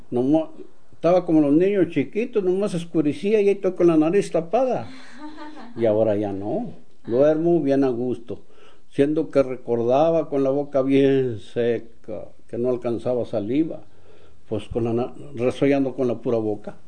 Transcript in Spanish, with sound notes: Nomás taba como los niños chiquitos, nomás se oscurecía y ahí toy con la nariz tapada. (risas) Y ahora ya no. Duermo bien a gusto, siento que recordaba con la bien seca, que no alcanzaba saliva, pos con la na, resollando con la pura boca.